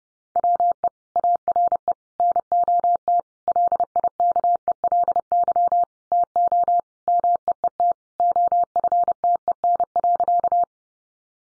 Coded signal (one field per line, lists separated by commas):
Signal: Morse code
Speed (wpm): 30 wpm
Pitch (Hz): 700 Hz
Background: none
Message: WE ARE NOT LIKELY TO MEET OFTEN.